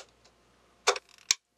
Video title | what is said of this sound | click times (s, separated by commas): Lego Scala 3290 The BIG Family House Review | then it just um clicks | 0.9 s, 1.3 s